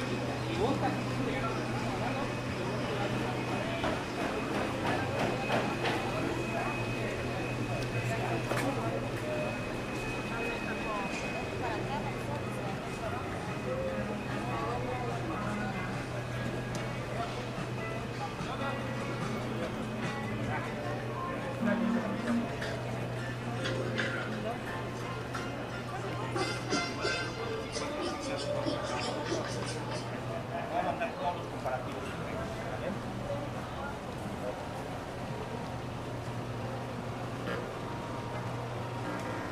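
Walking down 5th Avenue in Playa del Carmen: a steady crowd of voices over a constant low hum, with scattered clatters and footsteps throughout.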